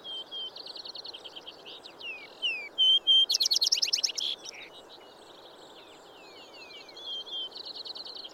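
Vesper sparrow singing clear whistled notes and downslurs, a loud rapid trill burst midway, then softer twittering phrases and the start of another song.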